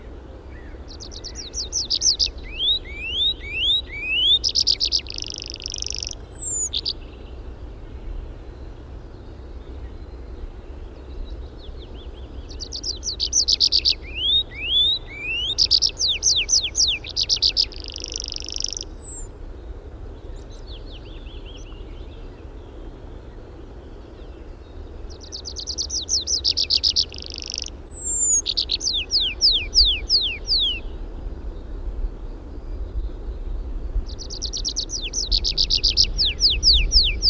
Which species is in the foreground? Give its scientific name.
Anthus trivialis